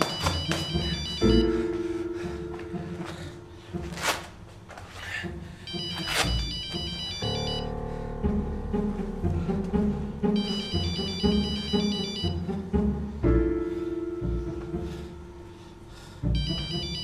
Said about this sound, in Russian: Ему звонит телефон.